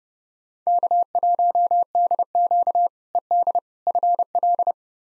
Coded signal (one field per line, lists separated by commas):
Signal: Morse code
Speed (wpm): 32 wpm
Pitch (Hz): 700 Hz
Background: none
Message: K1DQ ED FL